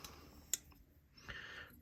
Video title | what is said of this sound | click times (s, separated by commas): WE Fornix Disassembly & Full Review | i think it's gonna do what it did last time and just snap into place all right | 0.5 s